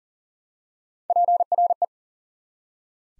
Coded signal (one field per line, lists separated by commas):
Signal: Morse code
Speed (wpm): 40 wpm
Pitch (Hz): 700 Hz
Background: none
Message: PRE